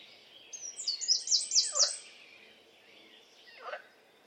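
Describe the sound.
Bird song, a short burst of four or five rapid high chirped notes, then a brief lower call a moment later, over soft background noise.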